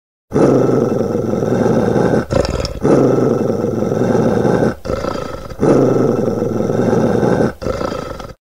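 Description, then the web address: Dog growling, a deep, rough snarl in three loud bouts of about two seconds each, with quieter growling between. Angry dog growling. "rmzene na razgneveno kuce"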